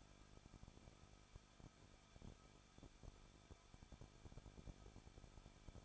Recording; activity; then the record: daily activity, microphone in the room; no activity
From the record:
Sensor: 5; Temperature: 20.9 degrees Celsius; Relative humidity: 38.1%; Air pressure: 1006.4 hPa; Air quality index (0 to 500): 187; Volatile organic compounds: 18 ppm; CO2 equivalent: 2624 ppm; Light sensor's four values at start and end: 2/3/1/1 and 2/3/1/1